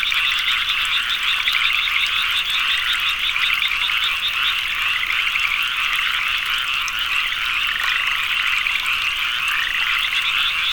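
Frogs calling in a dense chorus, many overlapping high trilled and pulsed notes forming a steady unbroken wall of sound throughout.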